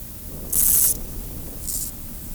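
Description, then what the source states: Meadow grasshopper stridulating, a short high buzzy burst of under half a second followed by a second, briefer and fainter buzz, over low background rumble. Subspecies Chorthippus parallelus tenuis.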